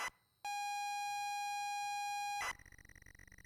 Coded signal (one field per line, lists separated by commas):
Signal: ZX Spectrum tape loading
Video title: Stories Untold (Full Playthrough) - WARNING: Flashing Lights